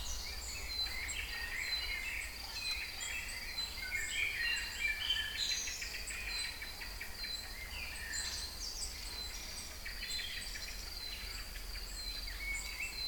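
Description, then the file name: Songbirds singing in a dense chorus of overlapping high chirps, trills and whistles, with a steady insect-like hiss and low background rumble throughout. Recorded in Kouri Forest, Thessaloniki, Greece, on 22 May 2012 at 18:35. "Singing Birds 3 Kouri Forest Salonika 22 05 12 18 35"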